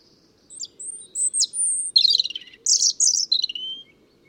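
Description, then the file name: European robin song with drawn-out pure whistles at the start, then fast tinkling trills and a lower, fading closing note. "Erithacus rubecula"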